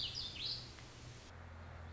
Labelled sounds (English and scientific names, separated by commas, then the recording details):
Warbling Vireo (Vireo gilvus)
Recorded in Sonoma County, California